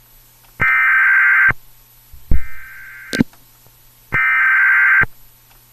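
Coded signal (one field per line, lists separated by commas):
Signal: Emergency Alert System (SAME) tones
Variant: header bursts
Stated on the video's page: Fictional outbreak emergency alert scenario, presented as found on an old VHS tape.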